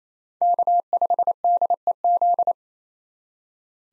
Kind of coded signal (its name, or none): Morse code